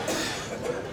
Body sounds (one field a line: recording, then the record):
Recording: coughing mixed with background sound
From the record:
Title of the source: Cough Around the Clock!